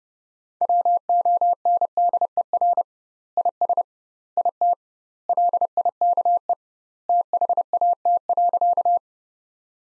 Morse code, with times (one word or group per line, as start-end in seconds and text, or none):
0.6-2.8 WONDER
3.4-3.8 IS
4.4-4.7 IT
5.3-6.5 LIKE
7.1-9.0 THAT.